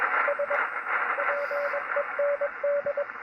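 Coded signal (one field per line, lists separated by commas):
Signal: Morse code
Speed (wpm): 21 wpm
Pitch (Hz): 570 Hz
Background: radio noise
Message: SPEND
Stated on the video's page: Morse on a Yaesu FT-101E, contacting a DX station, with receive dropping out intermittently.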